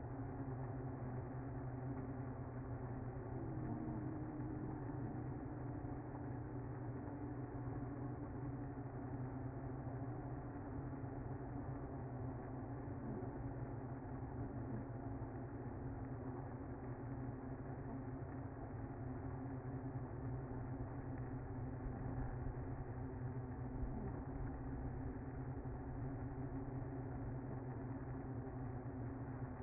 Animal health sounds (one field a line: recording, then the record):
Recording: honeybee colony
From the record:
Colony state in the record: active